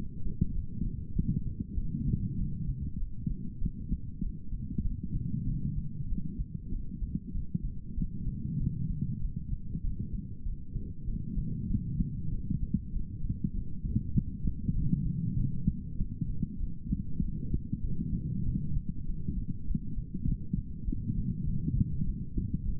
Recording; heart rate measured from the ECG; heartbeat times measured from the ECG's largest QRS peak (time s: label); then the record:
heart sounds by stethoscope; 98 bpm
0.53 s: heartbeat
1.14 s: heartbeat
1.76 s: heartbeat
2.37 s: heartbeat
2.98 s: heartbeat
3.59 s: heartbeat
4.21 s: heartbeat
4.83 s: heartbeat
5.45 s: heartbeat
6.08 s: heartbeat
6.70 s: heartbeat
7.33 s: heartbeat
7.96 s: heartbeat
8.58 s: heartbeat
9.20 s: heartbeat
9.82 s: heartbeat
10.44 s: heartbeat
11.06 s: heartbeat
11.68 s: heartbeat
12.30 s: heartbeat
12.91 s: heartbeat
13.52 s: heartbeat
14.13 s: heartbeat
14.74 s: heartbeat
15.35 s: heartbeat
15.97 s: heartbeat
16.58 s: heartbeat
17.20 s: heartbeat
17.82 s: heartbeat
18.44 s: heartbeat
19.05 s: heartbeat
19.66 s: heartbeat
20.26 s: heartbeat
20.86 s: heartbeat
21.45 s: heartbeat
22.05 s: heartbeat
22.64 s: heartbeat
From the record:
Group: healthy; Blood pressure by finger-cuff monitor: 128/84 mmHg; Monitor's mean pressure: 99 mmHg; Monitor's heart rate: 97 bpm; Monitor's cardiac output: 5.8 L/min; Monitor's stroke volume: 59 mL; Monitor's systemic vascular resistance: 1260 dyn s/cm5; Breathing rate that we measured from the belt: 19 breaths a minute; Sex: female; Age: 51 years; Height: 162 cm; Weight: 70.04 kg